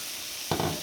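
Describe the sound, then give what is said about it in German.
Steady soft sizzling of onions sautéing in a pan on a stove hotplate, then a louder burst of crackle and scraping about halfway through, as if the pieces are stirred, with no talking. “Da muss man dann übrigens nicht so heiß die Platte aufdrehen, weil sonst würde der Zwiebel rösten und das wollen wir in dem Fall nicht haben.”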